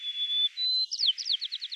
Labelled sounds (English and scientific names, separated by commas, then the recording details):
White-crowned Sparrow (Zonotrichia leucophrys) song
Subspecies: nuttalli
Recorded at Battery East, California, in 2013
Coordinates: 37.807, -122.472
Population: north
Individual beA_13